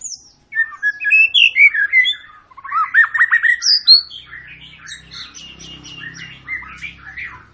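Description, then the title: White-rumped shama song with quick rising whistled notes and varied phrases, fading into softer chatter over a low hum. Lure of long, continuous song, used to make other birds sing. "Pancingan Murai Batu Gacor Panjang"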